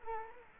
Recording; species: mosquito wingbeat signal from an infrared sensor; Culex quinquefasciatus